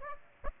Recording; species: mosquito wingbeat signal from an infrared sensor; Aedes aegypti